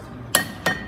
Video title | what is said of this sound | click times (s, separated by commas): Ferrari F430 Brake Job | I'm just gonna go ahead and tighten those until it clicks | 0.4 s